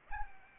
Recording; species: mosquito wingbeat signal from an infrared sensor; Anopheles arabiensis